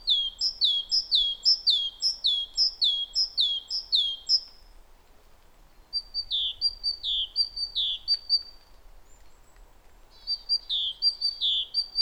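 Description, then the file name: Great tit singing long series of bright descending two-part notes, repeated steadily in three bouts with brief gaps. "Parus major"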